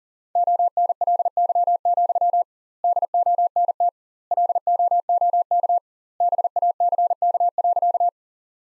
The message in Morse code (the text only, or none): ONLY, DONT LOOK BACK.